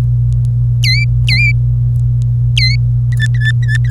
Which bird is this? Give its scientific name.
Serinus canaria